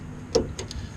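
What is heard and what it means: On a 2005 Chevy Cobalt, the second fuel line quick-connect fitting is pushed onto the nipple at the other end of the fuel filter and snaps on at 0.4 s with a sharp click. Two fainter ticks follow at about 0.6 s and 0.7 s over a low background rumble. The fitting is seated.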